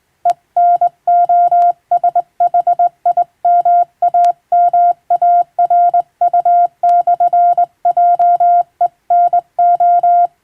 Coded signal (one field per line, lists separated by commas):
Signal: Morse code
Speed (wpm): 21 wpm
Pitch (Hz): 700 Hz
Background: music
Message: ENOSHIMAMARU/JENO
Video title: 昔懐かしい！人が縦振り電鍵で打つモールス無線電報。無線通信士という職業がありました。船と陸とをつなぐ唯一の重要な仕事でした。今でも遠洋漁業無線で使われています。morse code practice